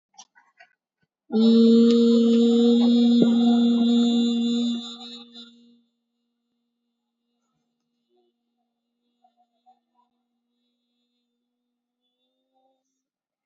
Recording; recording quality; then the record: sustained vowel as in beet; excellent, no background noise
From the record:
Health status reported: COVID-19 positive, mild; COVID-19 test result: positive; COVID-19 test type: RT-PCR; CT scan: taken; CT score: 0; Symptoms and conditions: fatigue, another condition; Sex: female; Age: 35 years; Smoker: no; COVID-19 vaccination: one dose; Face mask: worn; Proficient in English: yes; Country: India